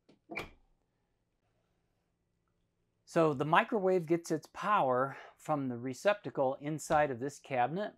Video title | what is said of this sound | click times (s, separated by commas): 2025 Newmar Northern Star Operational Overview | and it locks into place | 0.4 s